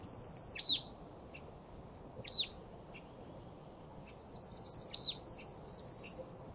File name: Poecile palustris